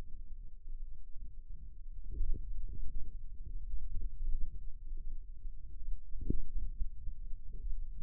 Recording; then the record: forearm muscle sounds (acoustic myography)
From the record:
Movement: finger pinch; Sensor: system 2, bracelet of six BSWA MPA416 microphones around the upper forearm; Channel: 5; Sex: male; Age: 22 years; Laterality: right